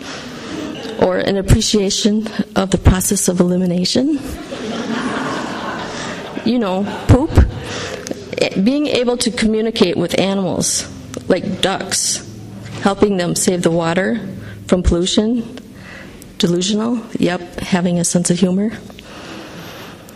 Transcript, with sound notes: or an appreciation of the process of elimination. [laughter] You know, poop. Being able to communicate with animals, like ducks. Helping them save the water from pollution. Delusional, yep, having a sense of humor.